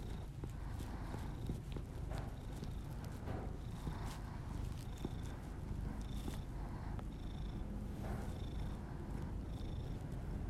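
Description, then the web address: Steady cat purr, a rich low rumble throughout, with repeated breathy exhalations and brief faint whistle tones. Pet cat purring, recorded alongside the owner's heavy breathing as ASMR audio. "Miss Because. Just Purrs [ASMR][Literally just my cat purring and my heavy breathing]"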